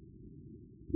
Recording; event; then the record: neck accelerometer signal played as sound; no cough (speech, laughter, throat clearing or background)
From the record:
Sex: male